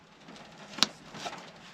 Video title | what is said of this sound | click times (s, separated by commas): 2015-2023 S550 Ford Mustang Fuel Pump Replacement Step-by-Step Fat Guy Builds | you're going to push it, you should hear it click. | 0.8 s